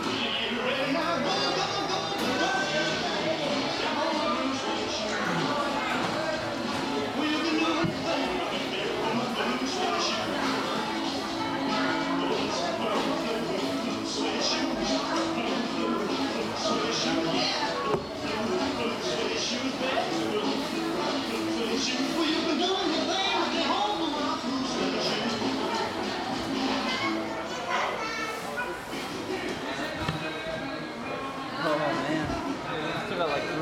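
Crowd noise at Universal Studios Florida: dense, steady overlapping voices and chatter with scattered footsteps and clatter, unchanging for over half a minute.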